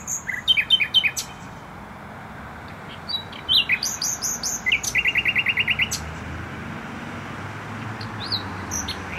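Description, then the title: Nightingale song in short varied phrases: whistled notes, then a rapid run of repeated chirps. Singing in bushes close to a noisy motorway, Trasa Toruńska, Bródno-Podgrodzie, Warsaw, Poland; recorded on an Olympus LS-11. "Bródno-Podgrodzie, Warszawa, Polska - Trasa Toruńska Nightingale"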